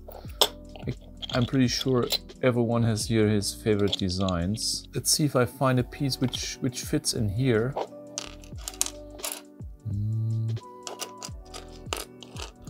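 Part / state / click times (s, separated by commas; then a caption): puzzle piece into puzzle frame / seated / 11.9 s. A puzzle piece is tried in an opening of a reactor puzzle frame and pressed into position while someone talks, with scattered light clicks and taps throughout. It snaps into place with a sharp click at 11.9 s.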